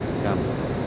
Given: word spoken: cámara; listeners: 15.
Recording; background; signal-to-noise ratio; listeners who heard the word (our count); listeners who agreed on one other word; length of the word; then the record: one Spanish word in noise, from a listening test; speech-shaped noise; -4.5 dB; 0 of 15; 6 of 15; 0.47 s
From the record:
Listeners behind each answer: 6, 4, 1, 1, 1, 1, 1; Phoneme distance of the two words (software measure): 14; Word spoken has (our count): 3 syllables, 6 phonemes, stress on syllable 1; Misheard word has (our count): 2 syllables, 4 phonemes, stress on syllable 1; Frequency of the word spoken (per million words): 108.30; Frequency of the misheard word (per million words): 100.47